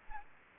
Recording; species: mosquito wingbeat signal from an infrared sensor; Aedes aegypti